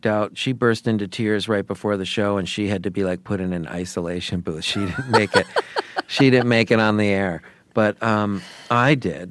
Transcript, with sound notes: she burst into tears right before the show. And she had to be, like, put in an isolation booth. She didn't make it.
(Laughter).
She didn't make it on the air, but I did.